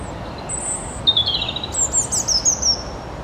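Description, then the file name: European robin song, high, thin whistles and a slurred note, then a quick, sparkling high trill, with soft background noise. "Erithacus rubecula"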